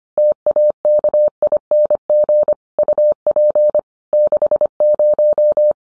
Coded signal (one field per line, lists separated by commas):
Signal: Morse code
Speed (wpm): 25 wpm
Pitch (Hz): 600 Hz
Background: none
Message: TAKING UP 60